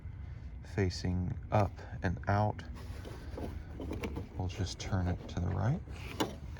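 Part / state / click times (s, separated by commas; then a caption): headlight bulb into headlamp housing socket / not seated / none. A new headlight bulb for a 2011-2015 Chevy Cruze is handled at the headlamp housing socket, with its notch facing up and out, ready to be turned to the right to lock. Someone talks throughout, with a few brief handling taps around 4.0 s and 6.6 s. Nothing has seated or clicked yet.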